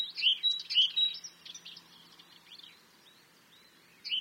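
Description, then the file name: Great tit giving several sharp, ringing high notes in a rapid cluster, then softer scattered chirps and a final clear note at the end. "Parus major"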